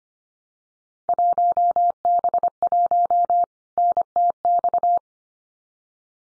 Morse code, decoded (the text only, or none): 1B1 NTX